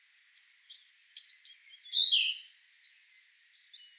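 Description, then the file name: European robin song: one continuous sparkling phrase of very high, rapid whistles and descending slurs, building quickly then ending abruptly. "Erithacus rubecula"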